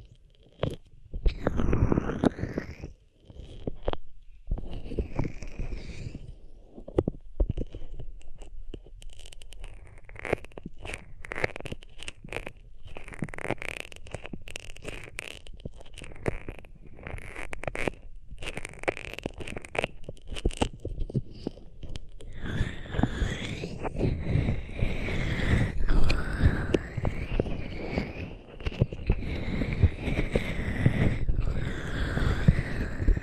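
Hands rub over ears in close-up, making dense, scratchy rustling with deep, muffled thumps underneath. The rubbing comes in short strokes with brief gaps in the first few seconds, settles into a steadier, softer stretch, then turns fuller and busier after about 23 seconds.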